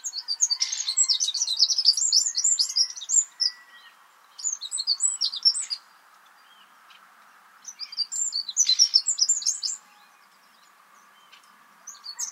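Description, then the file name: Eurasian wren song, three loud rapid high trilled bursts of about one to three and a half seconds each, separated by short pauses, with a fourth beginning at the end, over a faint steady background hum. "Troglodytes troglodytes"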